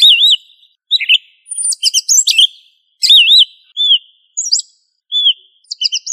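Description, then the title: Thrush song: looping whistled notes mixed with high squeaky twitters and short buzzy bursts, delivered in separate phrases with brief pauses between them. No other sounds. Family Turdidae; called sabiá. "Familia Turdidae - Sabia"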